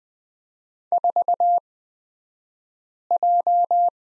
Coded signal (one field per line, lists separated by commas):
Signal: Morse code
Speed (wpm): 20 wpm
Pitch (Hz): 700 Hz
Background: none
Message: 4J